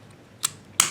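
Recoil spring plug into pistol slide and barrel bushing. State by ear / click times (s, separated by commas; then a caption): seated / 0.8 s. The recoil spring plug, its canted recoil spring end settling into the barrel bushing area of a Norinco Model 213A 9mm double-stack Tokarev pistol made in China, is pressed in during reassembly of the slide. A softer metallic click comes at 0.5 seconds, then a sharp metallic snap at 0.8 seconds as the plug snaps into place and the pistol is fully assembled.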